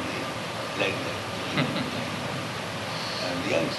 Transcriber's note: laughter